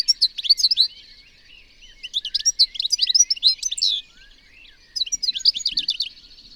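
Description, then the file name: European goldfinch giving a lively liquid twitter of quick, varied chirps and trills in three bursts, with brief gaps between. "Carduelis carduelis"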